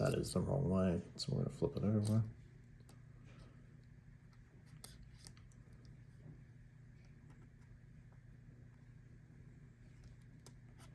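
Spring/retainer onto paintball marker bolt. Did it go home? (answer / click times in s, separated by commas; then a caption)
no / none. Someone talks briefly while handling a one-way spring/retainer part for an Empire Axe 2.0 paintball marker bolt, flipping it over from the wrong way to the correct orientation. A few faint handling ticks follow against a quiet background, but nothing has seated or clicked yet.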